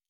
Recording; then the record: hydrophone in a shrimp aquaculture tank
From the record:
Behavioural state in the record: normal